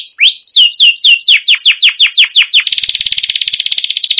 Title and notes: CUIT CUIT NGEROL LANGSUNG GACOR PANJANG Kenari Ini utk Pancingan KENARI PAUD BELAJAR BUNYI. burung kenari